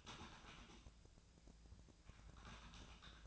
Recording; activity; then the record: daily activity, microphone in the room; typing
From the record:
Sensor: 2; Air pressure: 1000.0 hPa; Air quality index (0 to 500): 129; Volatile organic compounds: 2 ppm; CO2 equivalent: 1105 ppm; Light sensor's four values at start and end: 25/63/27/30 and 25/63/27/30